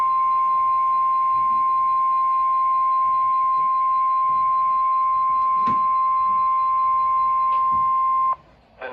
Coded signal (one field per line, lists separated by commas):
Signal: Emergency Alert System (SAME) tones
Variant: 1050 Hz attention tone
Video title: Two Severe Thunderstorm Warnings (EAS #535 & 536) Double Header